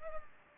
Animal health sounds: mosquito wingbeat signal from an infrared sensor; Culex pipiens

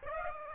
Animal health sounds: mosquito wingbeat signal from an infrared sensor; Aedes aegypti

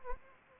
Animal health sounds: mosquito wingbeat signal from an infrared sensor; Anopheles gambiae

